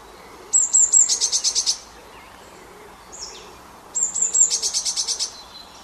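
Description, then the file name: Eurasian blue tit calling twice: thin high notes run straight into a buzzy, stuttering churr. A faint short call sounds between the two calls. "Cyanistes caeruleus"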